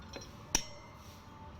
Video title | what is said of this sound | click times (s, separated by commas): Bajaj ct100es - General service - DIY - Ignite Moto- Tamil- part 1 | so இது lock ஆகிடுது one side. | 0.6 s